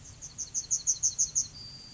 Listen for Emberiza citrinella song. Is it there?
yes